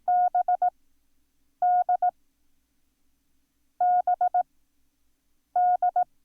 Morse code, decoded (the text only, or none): BDBD